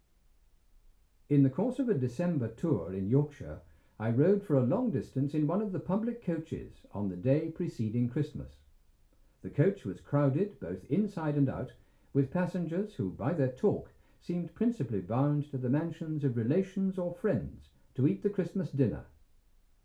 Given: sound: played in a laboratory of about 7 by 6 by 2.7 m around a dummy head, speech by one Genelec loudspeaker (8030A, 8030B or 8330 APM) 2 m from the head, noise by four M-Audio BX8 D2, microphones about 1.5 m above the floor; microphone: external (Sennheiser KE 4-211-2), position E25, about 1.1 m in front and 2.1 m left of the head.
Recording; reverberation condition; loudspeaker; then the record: male speech in English; low; 60 degrees to the left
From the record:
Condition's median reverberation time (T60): about 310 ms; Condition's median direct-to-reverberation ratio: about 3.5 dB